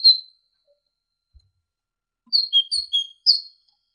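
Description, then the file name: Great tit song: a lone high note, then after a pause a run of whistled notes stepping between a higher and a lower pitch. Indonesian masteran recording of great tit song for training songbirds, uploaded November 2014. "suara masteran great tit"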